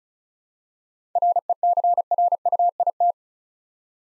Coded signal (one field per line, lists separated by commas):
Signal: Morse code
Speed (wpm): 36 wpm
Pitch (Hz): 700 Hz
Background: none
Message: RECRUIT